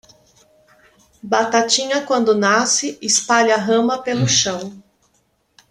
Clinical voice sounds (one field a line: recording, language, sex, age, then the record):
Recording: short text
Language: Brazilian Portuguese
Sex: female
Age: 50 to 59 years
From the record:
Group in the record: control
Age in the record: 52 years